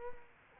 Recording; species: mosquito wingbeat signal from an infrared sensor; Culex quinquefasciatus